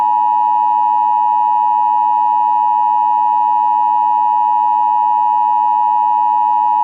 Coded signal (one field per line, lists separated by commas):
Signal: Emergency Alert System (SAME) tones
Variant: 853 and 960 Hz attention tone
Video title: Solar Strike: An EAS Mock